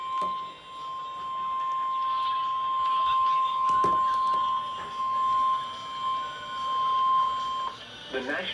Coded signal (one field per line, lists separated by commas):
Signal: Emergency Alert System (SAME) tones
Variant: 1050 Hz attention tone